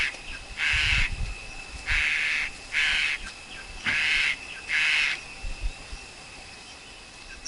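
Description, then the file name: Black-collared Starling calls: a string of loud, harsh, grating notes, then a quieter pause. Wild forest Black-collared Starling song; recording meant for training young birds to sing. "Tieng chim ca cuong rung tap chim con hot"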